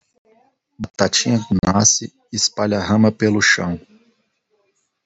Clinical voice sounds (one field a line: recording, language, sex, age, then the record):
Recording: short text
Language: Brazilian Portuguese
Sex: male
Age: 40 to 49 years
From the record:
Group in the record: control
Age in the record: 40 years